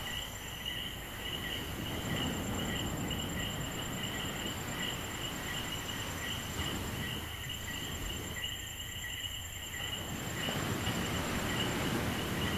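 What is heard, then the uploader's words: Ocean surf rumbles steadily, easing briefly and swelling again, while crickets keep up high, unbroken trilling tones over the whole evening scene. Night in Rincón, Puerto Rico.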